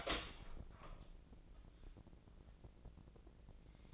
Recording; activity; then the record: daily activity, microphone in the room; open door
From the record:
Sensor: 5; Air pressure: 1012.4 hPa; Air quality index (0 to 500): 160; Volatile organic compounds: 2 ppm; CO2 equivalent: 1086 ppm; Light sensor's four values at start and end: 217/528/221/242 and 218/531/222/243